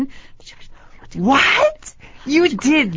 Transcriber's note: whispers to Emily